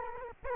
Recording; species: mosquito wingbeat signal from an infrared sensor; Culex quinquefasciatus